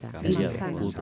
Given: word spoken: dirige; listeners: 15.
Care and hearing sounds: one Spanish word in noise, from a listening test; four-talker babble; -1.6 dB; 0 of 15; 8 of 15; 0.61 s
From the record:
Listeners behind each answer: 8, 1, 1, 1, 1, 1, 1, 1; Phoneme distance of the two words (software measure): 67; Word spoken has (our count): 3 syllables, 6 phonemes, stress on syllable 2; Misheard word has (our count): 3 syllables, 7 phonemes, stress on syllable 2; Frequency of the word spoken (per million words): 38.03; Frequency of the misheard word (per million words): 15.08

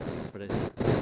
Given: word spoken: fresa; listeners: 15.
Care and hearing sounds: one Spanish word in noise, from a listening test; noise modulated by one talker; -11.0 dB; 0 of 15; 6 of 15; 0.62 s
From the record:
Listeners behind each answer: 6, 6, 2, 1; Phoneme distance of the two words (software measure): 24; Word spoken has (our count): 2 syllables, 5 phonemes, stress on syllable 1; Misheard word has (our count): 3 syllables, 7 phonemes, stress on syllable 2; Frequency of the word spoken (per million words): 2.99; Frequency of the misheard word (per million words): 6.91

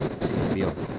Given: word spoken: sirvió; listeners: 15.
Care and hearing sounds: one Spanish word in noise, from a listening test; noise modulated by three-talker babble; -4.0 dB; 0 of 15; 12 of 15; 0.59 s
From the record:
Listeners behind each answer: 12, 1, 1, 1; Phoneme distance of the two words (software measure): 20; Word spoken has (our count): 2 syllables, 6 phonemes, stress on syllable 2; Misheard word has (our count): 2 syllables, 6 phonemes, stress on syllable 2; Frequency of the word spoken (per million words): 25.04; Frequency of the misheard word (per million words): 45.72

